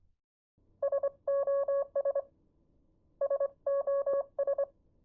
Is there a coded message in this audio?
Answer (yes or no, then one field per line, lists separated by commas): yes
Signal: Morse code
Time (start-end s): 0.8-4.6 s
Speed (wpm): 25 wpm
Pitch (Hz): 560 Hz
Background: none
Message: SOS SOS